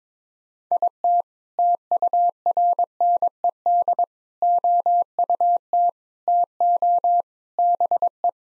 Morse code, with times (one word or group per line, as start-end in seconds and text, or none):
0.7-1.2 IT
1.6-4.0 TURNED
4.4-5.9 OUT
6.3-7.2 TO
7.6-8.3 BE